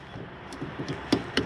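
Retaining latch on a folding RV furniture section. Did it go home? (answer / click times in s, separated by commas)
yes / 1.1 s, 1.4 s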